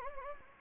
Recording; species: mosquito wingbeat signal from an infrared sensor; Anopheles gambiae